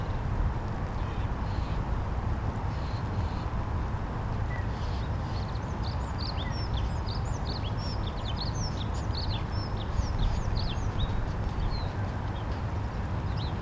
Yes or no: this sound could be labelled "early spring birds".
yes